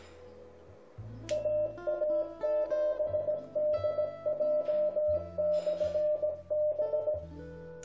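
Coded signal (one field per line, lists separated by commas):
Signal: Morse code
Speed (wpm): 17 wpm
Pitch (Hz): 600 Hz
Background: music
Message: AA7DJ/B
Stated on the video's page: Amateur radio propagation beacon on the 12 meter band, 24.9 MHz.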